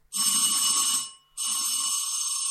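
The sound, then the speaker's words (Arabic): A small bell rung to call a servant, sounding in two sustained bursts, a bright metallic trill with a short gap between, loud and alone with no talking. “ضربتي الجرس يا ستي؟”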